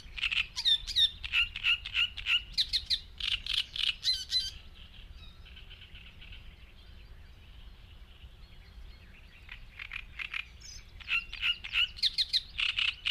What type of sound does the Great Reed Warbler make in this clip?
song